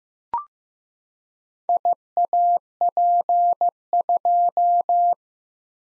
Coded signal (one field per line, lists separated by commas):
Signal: Morse code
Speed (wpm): 15 wpm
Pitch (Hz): 700 Hz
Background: none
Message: IAP2